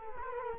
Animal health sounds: mosquito wingbeat signal from an infrared sensor; Culex quinquefasciatus

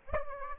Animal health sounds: mosquito wingbeat signal from an infrared sensor; Aedes aegypti

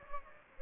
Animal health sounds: mosquito wingbeat signal from an infrared sensor; Anopheles gambiae

